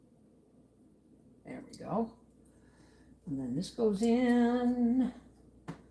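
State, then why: Seated. While threading a sewing machine, a bobbin is pushed into the sewing machine's bobbin holder as someone talks. A short, sharp snap at 5.7 s marks the bobbin seating in place.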